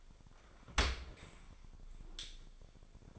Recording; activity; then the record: daily activity, microphone in the room; open dishwasher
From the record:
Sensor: 5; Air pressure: 1006.8 hPa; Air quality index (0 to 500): 184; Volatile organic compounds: 5 ppm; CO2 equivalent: 1756 ppm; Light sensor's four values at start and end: 53/147/58/58 and 53/148/58/58